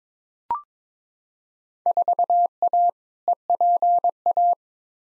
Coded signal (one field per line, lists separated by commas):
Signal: Morse code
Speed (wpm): 21 wpm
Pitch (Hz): 700 Hz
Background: none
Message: 4A EPA